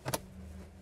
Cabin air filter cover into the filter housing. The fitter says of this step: the two sides will clip in